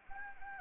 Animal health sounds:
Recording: mosquito wingbeat signal from an infrared sensor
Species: Anopheles gambiae

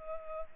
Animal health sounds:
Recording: mosquito wingbeat signal from an infrared sensor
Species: Culex pipiens

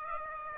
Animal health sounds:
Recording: mosquito wingbeat signal from an infrared sensor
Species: Aedes aegypti

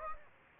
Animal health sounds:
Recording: mosquito wingbeat signal from an infrared sensor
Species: Anopheles gambiae

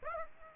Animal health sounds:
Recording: mosquito wingbeat signal from an infrared sensor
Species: Aedes aegypti

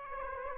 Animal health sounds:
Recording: mosquito wingbeat signal from an infrared sensor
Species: Aedes aegypti

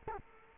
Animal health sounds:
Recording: mosquito wingbeat signal from an infrared sensor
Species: Culex quinquefasciatus

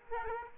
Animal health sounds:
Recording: mosquito wingbeat signal from an infrared sensor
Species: Aedes albopictus

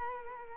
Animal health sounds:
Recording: mosquito wingbeat signal from an infrared sensor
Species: Culex quinquefasciatus

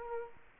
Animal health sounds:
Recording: mosquito wingbeat signal from an infrared sensor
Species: Culex quinquefasciatus

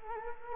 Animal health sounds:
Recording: mosquito wingbeat signal from an infrared sensor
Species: Culex quinquefasciatus

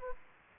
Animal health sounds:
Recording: mosquito wingbeat signal from an infrared sensor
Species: Anopheles gambiae

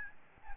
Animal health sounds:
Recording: mosquito wingbeat signal from an infrared sensor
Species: Aedes albopictus

